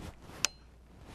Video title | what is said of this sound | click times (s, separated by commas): How to Use a DSLR - Part 1 | Do you hear the click? So, now that now it's secure. | 0.4 s